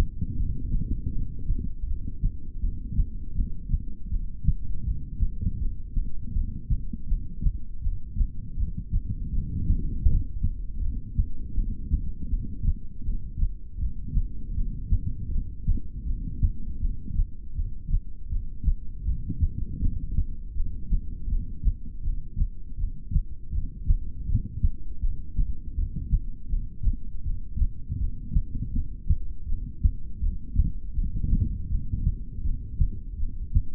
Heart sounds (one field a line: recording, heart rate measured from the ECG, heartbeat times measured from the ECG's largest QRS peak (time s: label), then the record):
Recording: heart sounds by stethoscope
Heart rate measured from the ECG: 80 bpm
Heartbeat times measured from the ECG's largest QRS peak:
0.33 s: heartbeat
1.08 s: heartbeat
1.83 s: heartbeat
2.57 s: heartbeat
3.32 s: heartbeat
4.06 s: heartbeat
4.81 s: heartbeat
5.55 s: heartbeat
6.30 s: heartbeat
7.04 s: heartbeat
7.79 s: heartbeat
8.54 s: heartbeat
9.28 s: heartbeat
10.02 s: heartbeat
10.77 s: heartbeat
11.52 s: heartbeat
12.26 s: heartbeat
13.01 s: heartbeat
13.76 s: heartbeat
14.51 s: heartbeat
15.27 s: heartbeat
16.02 s: heartbeat
16.77 s: heartbeat
17.52 s: heartbeat
18.26 s: heartbeat
19.01 s: heartbeat
19.76 s: heartbeat
20.51 s: heartbeat
21.26 s: heartbeat
22.00 s: heartbeat
22.74 s: heartbeat
23.48 s: heartbeat
24.23 s: heartbeat
24.97 s: heartbeat
25.72 s: heartbeat
26.46 s: heartbeat
27.20 s: heartbeat
27.94 s: heartbeat
28.69 s: heartbeat
29.43 s: heartbeat
30.17 s: heartbeat
30.91 s: heartbeat
31.65 s: heartbeat
32.39 s: heartbeat
33.14 s: heartbeat
From the record:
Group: heart failure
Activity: rest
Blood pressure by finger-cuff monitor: 92/51 mmHg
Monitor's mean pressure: 68 mmHg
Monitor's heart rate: 81 bpm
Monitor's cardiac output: 7.8 L/min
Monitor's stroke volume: 97 mL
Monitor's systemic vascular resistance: 610 dyn s/cm5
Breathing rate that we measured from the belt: 13 breaths a minute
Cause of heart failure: ischemic heart disease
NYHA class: 2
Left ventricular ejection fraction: 28%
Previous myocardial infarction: present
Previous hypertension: present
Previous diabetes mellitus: present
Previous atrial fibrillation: present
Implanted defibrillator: present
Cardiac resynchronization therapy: present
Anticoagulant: apixaban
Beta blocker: bisoprolol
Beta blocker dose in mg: 10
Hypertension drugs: sacubitril-valsartan, spironolactone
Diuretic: furosemide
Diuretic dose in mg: 20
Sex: male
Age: 62 years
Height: 178 cm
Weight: 88.3 kg